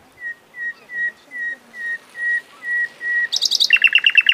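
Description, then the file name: Common nightingale song: eight slow, swelling whistled notes on one pitch, then an abrupt switch to a fast, loud, repeated chattering trill. "Luscinia megarhynchos"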